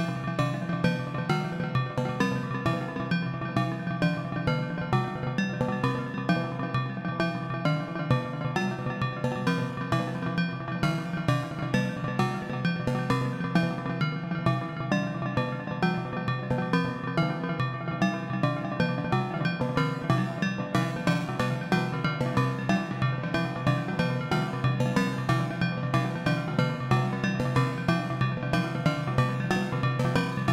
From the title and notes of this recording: Making Bell Sounds. Modules used in this episode: Ornament and Crime, Erica Synths Black Wavetable VCO, Pico RND, DIY Swamp, Befaco Even VCO, Noise Engineering Basimilus Iteritas Alter, Desmodus, Versio, Make Noise Maths, Mimeophon, AI Synthesis Quad VCA/Mixer, Bastl ABC Mixer, Pittsburgh Modular Crush.